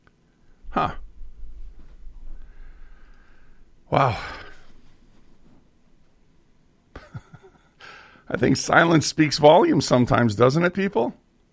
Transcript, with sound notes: Huh. Wow. (laughs) I think silence speaks volumes sometimes, doesn't it, people?